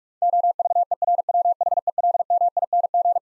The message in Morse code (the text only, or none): OVERWHELMING